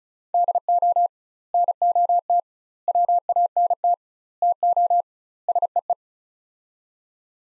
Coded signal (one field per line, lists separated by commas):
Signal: Morse code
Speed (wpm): 36 wpm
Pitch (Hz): 700 Hz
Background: none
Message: DO NOT WANT TO SEE